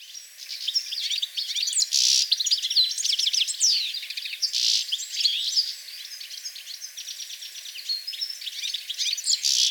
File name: Carduelis carduelis